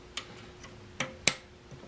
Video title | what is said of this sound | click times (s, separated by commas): How to Remove and Clean your Fuel Injectors from your R3 | right there we go two clicks are in so we know that everything is securely in place okay | 1.0 s, 1.3 s